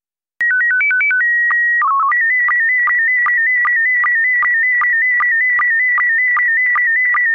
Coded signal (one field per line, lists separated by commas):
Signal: SSTV (slow-scan television)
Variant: PD 50